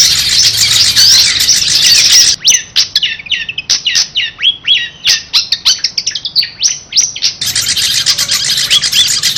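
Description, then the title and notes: Long-tailed shrike song: a rapid run of sharp, varied chirps and short downslurred notes, bracketed at start and end by a dense, hissing noise. Competition song used as a training tutor (masteran) for the mental conditioning of long-tailed shrikes. "Suara Lomba untuk Terapi Mental Cendet. Masteran Burung Cendet"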